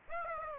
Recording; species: mosquito wingbeat signal from an infrared sensor; Aedes aegypti